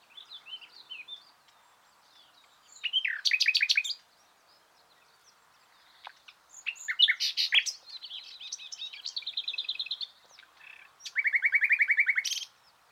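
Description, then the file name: Common nightingale song in separate phrases: soft notes, then loud phrases of rapid repeated notes, a longer run of repeated notes, and a closing series of fast, steady notes. "Luscinia megarhynchos"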